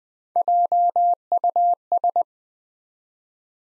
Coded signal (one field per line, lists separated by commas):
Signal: Morse code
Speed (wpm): 20 wpm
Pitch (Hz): 700 Hz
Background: none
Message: JUS